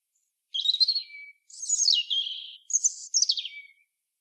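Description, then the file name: European robin song: several quick high warbled phrases separated by short pauses, some ending in a thin lower whistle. "Erithacus rubecula"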